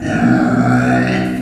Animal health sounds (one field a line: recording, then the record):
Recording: squeal of a Yucatan mini pig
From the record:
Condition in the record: after surgery on the right vocal fold (resection and tissue-engineered implant)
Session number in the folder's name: 3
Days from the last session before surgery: 21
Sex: female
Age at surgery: 19 weeks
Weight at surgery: 25 kg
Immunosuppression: prednisolone